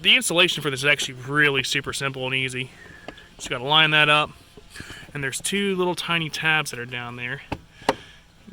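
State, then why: Seated. An air intake filter housing piece on a Focus ST is lined up and pressed onto its two small mounting tabs while someone talks. A sharp snap at 7.9 s marks the tabs seating into place.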